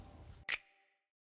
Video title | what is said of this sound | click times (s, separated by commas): Setting Up A NMEA Network and Installing a Garmin GPS 24XD on a boat | clicks into place now it puts that screw in it we're done | 0.5 s